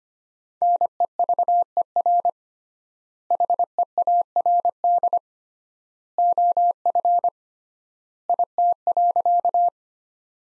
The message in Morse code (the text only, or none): NEVER HEARD OF IT.